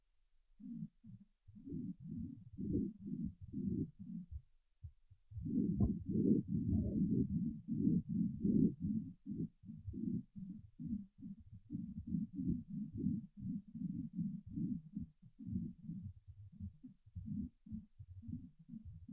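Loud, low-pitched rushing breath sounds heard through a stethoscope on the chest of a healthy 4-week-old foal, with both inspiration and expiration clearly audible in repeated cycles. These are normal foal lung sounds, much louder than the lung sounds of an adult horse.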